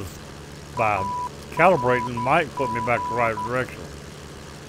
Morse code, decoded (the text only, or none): ARG